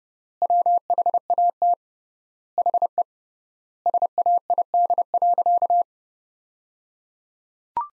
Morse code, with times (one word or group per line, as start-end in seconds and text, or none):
0.4-1.7 WHAT
2.6-3.0 HE
3.9-5.8 SAID.